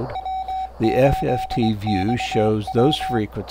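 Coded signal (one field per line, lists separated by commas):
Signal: Morse code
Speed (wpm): 21 wpm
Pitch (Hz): 760 Hz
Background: speech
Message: W8XW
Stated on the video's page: Received through an STM32F411 BlackPill SDR demodulator handling baseband IQ signals.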